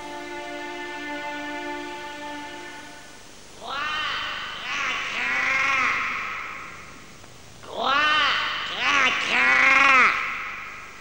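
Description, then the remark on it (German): A raven perched on a fir tree caws repeatedly in two loud bursts of harsh, hoarse calls, following a few seconds of a steady, sustained droning tone. “Guck lieber, der Rabe sitzt auf der Tanne.”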